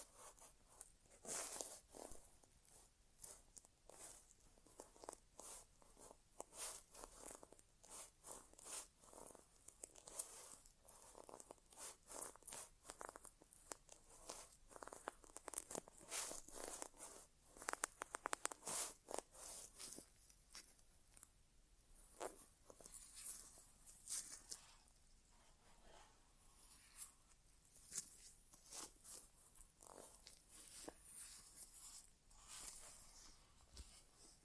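Inner ear exam sounds with no talking: a dense run of quick scratching, rustling and crackling taps that comes and goes throughout. The bursts are bright and irregular, clustering more heavily around the middle, with a faint steady hiss underneath.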